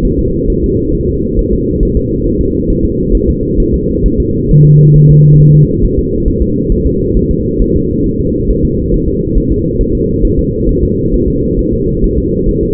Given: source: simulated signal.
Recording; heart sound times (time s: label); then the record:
fetal heart sounds
0.05 s: S1
0.19 s: S2
0.50 s: S1
0.64 s: S2
0.95 s: S1
1.09 s: S2
1.39 s: S1
1.53 s: S2
1.83 s: S1
1.97 s: S2
2.27 s: S1
2.41 s: S2
2.70 s: S1
2.84 s: S2
3.15 s: S1
3.29 s: S2
3.60 s: S1
3.74 s: S2
4.06 s: S1
4.20 s: S2
4.51 s: S1
4.65 s: S2
4.96 s: S1
5.11 s: S2
5.41 s: S1
5.55 s: S2
5.84 s: S1
5.99 s: S2
6.28 s: S1
6.42 s: S2
6.72 s: S1
6.86 s: S2
7.17 s: S1
7.31 s: S2
7.62 s: S1
7.76 s: S2
8.06 s: S1
8.20 s: S2
8.51 s: S1
8.65 s: S2
8.94 s: S1
9.08 s: S2
9.38 s: S1
9.52 s: S2
9.81 s: S1
9.95 s: S2
10.25 s: S1
10.39 s: S2
10.69 s: S1
10.83 s: S2
11.14 s: S1
11.28 s: S2
11.59 s: S1
11.73 s: S2
12.04 s: S1
12.18 s: S2
12.49 s: S1
12.63 s: S2
From the record:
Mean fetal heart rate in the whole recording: 135 bpm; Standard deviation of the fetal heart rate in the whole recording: 3 bpm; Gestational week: 36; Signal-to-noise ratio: -10.2 dB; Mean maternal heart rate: 72 bpm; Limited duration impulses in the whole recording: present